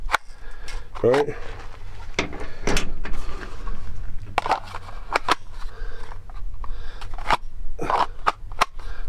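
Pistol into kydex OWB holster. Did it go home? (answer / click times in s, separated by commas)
yes / 4.4 s, 8.3 s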